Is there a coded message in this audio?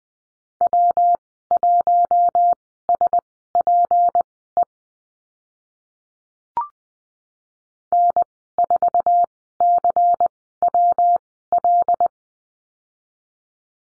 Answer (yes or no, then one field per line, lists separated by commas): yes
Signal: Morse code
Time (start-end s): 0.6-12.1 s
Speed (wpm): 20 wpm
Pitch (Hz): 700 Hz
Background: none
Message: W1SPE N4CWL